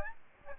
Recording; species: mosquito wingbeat signal from an infrared sensor; Aedes albopictus